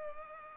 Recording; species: mosquito wingbeat signal from an infrared sensor; Culex pipiens